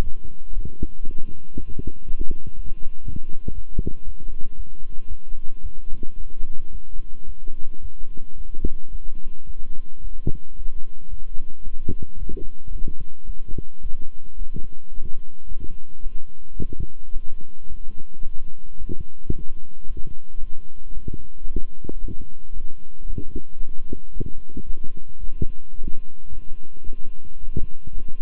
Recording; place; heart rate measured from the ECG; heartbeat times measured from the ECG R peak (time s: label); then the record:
heart sounds by stethoscope; between the tricuspid and mitral areas; 112 bpm
0.02 s: heartbeat
0.53 s: heartbeat
1.05 s: heartbeat
1.55 s: heartbeat
2.05 s: heartbeat
2.54 s: heartbeat
3.04 s: heartbeat
3.53 s: heartbeat
4.04 s: heartbeat
4.55 s: heartbeat
5.07 s: heartbeat
5.61 s: heartbeat
6.16 s: heartbeat
6.70 s: heartbeat
7.25 s: heartbeat
7.80 s: heartbeat
8.36 s: heartbeat
8.90 s: heartbeat
9.45 s: heartbeat
10.00 s: heartbeat
10.54 s: heartbeat
11.09 s: heartbeat
11.63 s: heartbeat
12.18 s: heartbeat
12.71 s: heartbeat
13.25 s: heartbeat
13.82 s: heartbeat
14.37 s: heartbeat
14.93 s: heartbeat
15.47 s: heartbeat
16.02 s: heartbeat
16.58 s: heartbeat
17.13 s: heartbeat
17.67 s: heartbeat
18.23 s: heartbeat
18.77 s: heartbeat
19.32 s: heartbeat
19.86 s: heartbeat
20.39 s: heartbeat
20.93 s: heartbeat
21.46 s: heartbeat
21.99 s: heartbeat
22.52 s: heartbeat
23.05 s: heartbeat
23.59 s: heartbeat
24.12 s: heartbeat
24.65 s: heartbeat
25.19 s: heartbeat
25.74 s: heartbeat
26.28 s: heartbeat
26.84 s: heartbeat
27.39 s: heartbeat
27.93 s: heartbeat
From the record:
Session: walking at 3.7 km/h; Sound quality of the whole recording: good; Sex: male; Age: 26 years